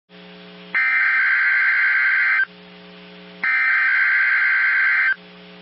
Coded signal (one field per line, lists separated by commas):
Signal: Emergency Alert System (SAME) tones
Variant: header bursts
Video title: EAS Alerts 1439 & 1440 (RWTs #21 & 22)